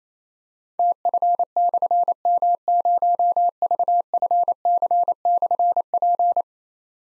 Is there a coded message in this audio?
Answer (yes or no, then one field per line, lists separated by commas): yes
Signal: Morse code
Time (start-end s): 0.8-6.4 s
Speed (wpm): 29 wpm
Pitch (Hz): 700 Hz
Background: none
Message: TF/M0VFC/P